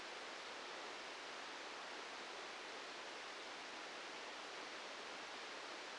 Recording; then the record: brain microelectrode recording played as sound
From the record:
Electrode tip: outside the subthalamic nucleus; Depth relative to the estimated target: 3 mm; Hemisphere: left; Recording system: NeuroSet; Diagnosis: Parkinson's disease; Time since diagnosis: 7 years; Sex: male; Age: 44 years